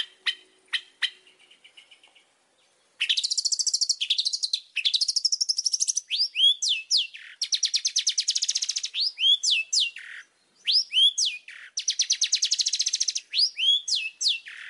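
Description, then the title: Oriental magpie-robin song: a few sharp clicks, then long buzzy rattling trills broken by swooping whistled notes, repeated with brief pauses. Gacor, lively-singing song used as a lure to make other magpie-robins answer. "Pancingan Suara Siulan Kacer Gacor Mantap Untuk Memancing Kacer Lain Agar Mau Nyaut Bunyi"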